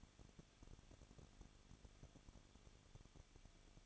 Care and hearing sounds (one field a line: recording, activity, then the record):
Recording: daily activity, microphone in the room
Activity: no activity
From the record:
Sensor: 4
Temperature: 23.1 degrees Celsius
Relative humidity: 34.1%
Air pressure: 1007.2 hPa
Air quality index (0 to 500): 217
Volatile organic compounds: 15 ppm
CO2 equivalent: 2508 ppm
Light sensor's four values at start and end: 2/3/1/1 and 2/3/1/1